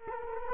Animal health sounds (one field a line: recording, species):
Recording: mosquito wingbeat signal from an infrared sensor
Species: Culex quinquefasciatus